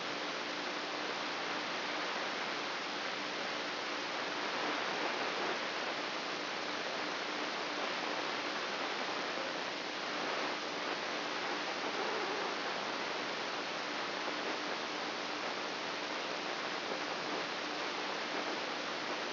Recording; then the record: brain microelectrode recording played as sound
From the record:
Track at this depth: outside the subthalamic nucleus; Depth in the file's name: 8.304 mm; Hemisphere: left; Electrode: 3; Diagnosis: Parkinson's disease